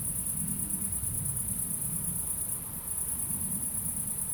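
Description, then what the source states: Shrill cricket trill running almost without break, dipping slightly near three seconds, while a low engine-like rumble continues underneath. Crickets at night in Aveize, France, with cars in the distance; recorded with a DPA-2006c pair in AB position into an SD MixPre-3.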